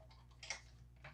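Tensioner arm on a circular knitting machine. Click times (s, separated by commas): 0.4 s, 0.5 s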